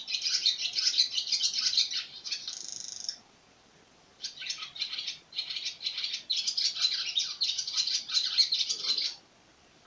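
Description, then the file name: Swallow twittering in quick squeaky phrases ending in a drawn-out buzzy rattle, a second of quiet, then renewed fast chatter until near the end. Recorded on 26 April 2017. "hirondelle 26-04-17"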